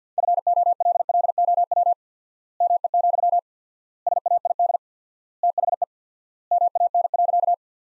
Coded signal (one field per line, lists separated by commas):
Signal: Morse code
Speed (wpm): 45 wpm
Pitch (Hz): 700 Hz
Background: none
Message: FOLLOW ME, SAID THE MAN.